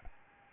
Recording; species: mosquito wingbeat signal from an infrared sensor; Aedes albopictus